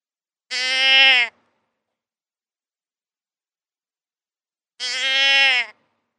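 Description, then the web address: Deer bleats: two nasal, harmonic calls roughly four seconds apart, with silence in between. "wild-game-downloads deer"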